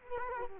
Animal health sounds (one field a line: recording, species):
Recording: mosquito wingbeat signal from an infrared sensor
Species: Culex quinquefasciatus